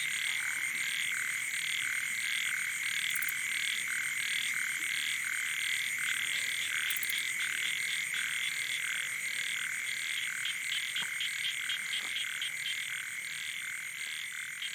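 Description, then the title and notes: Frogs and toads: frogs in a sustained night chorus, rhythmic rattling croaks from many animals blending with a steady shrill drone, with a few faint clicks. Night chorus on the shore of Boeng Thum lake, Cambodia, around 23:00 on 12 December 2018, as human noise gives way to wildlife. "Soirée aux batraciens - Cambodge. 12 décembre 2018 Sur le bord du lac "Boeng Thum" vers 23h00 au moment ou le silence des hommes laisse place au monde sauvage"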